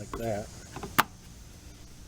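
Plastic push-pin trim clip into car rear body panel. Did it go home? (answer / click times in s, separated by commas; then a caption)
yes / 1.0 s. A second plastic push-pin trim clip is pressed into the rear body panel of a Nissan Cube. Someone talks briefly, then the clip snaps home with a sharp click at 1.0 s and is seated.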